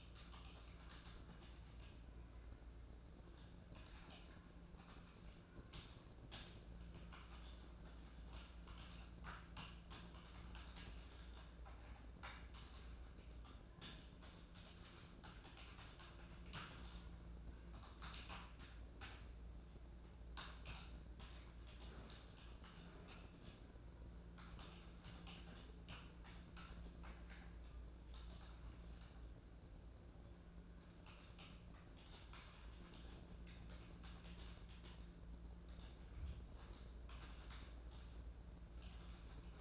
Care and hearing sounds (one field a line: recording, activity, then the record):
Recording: daily activity, microphone in the room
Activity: typing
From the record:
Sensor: 2